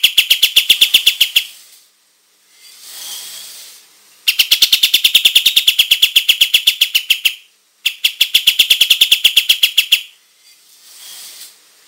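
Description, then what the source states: Olive-winged bulbul song: three bursts of fast, evenly repeated high chirps, separated by pauses with faint background hiss. Described as gacor, singing loudly and continuously.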